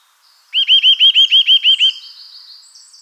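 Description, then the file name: Eurasian nuthatch giving a fast series of about nine clear, down-curved piping notes, evenly spaced, then a faint high twittering tail. "Sitta europaea"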